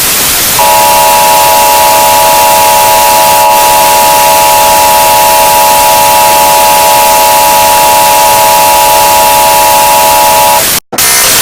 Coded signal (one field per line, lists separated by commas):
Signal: Emergency Alert System (SAME) tones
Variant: 853 and 960 Hz attention tone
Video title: EAS Alert meme